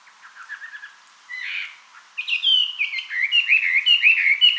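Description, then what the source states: Chinese hwamei song: soft chattering notes, a brief burst, then loud varied whistled phrases sliding up and down, quickly repeated and richly ornamented. Recorded 2007-05-24.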